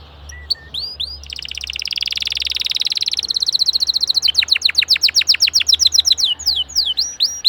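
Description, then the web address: Canary song: a buzzy rolling trill, then a fast run of sharp rising and falling notes that slows into separate chirps near the end. "Canary Canary Singing"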